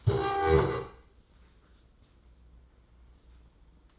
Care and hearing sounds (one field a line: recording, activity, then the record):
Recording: daily activity, microphone in the room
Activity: stand up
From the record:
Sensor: 3